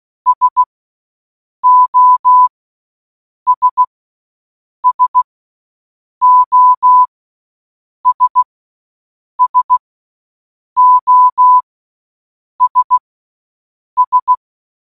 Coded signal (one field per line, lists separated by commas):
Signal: Morse code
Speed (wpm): 16 wpm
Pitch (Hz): 1000 Hz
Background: none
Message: SOS SOS SOS S